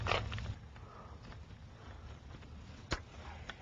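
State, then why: Seated. While installing a Techlusion TFI, a wiring harness connector is pressed down onto the rear cylinder's fuel injector of a motorcycle. Brief handling clicks and rustle at the start and a sharp knock near 2.9 s lead to a short snap at 3.5 s as the connector latches and seats.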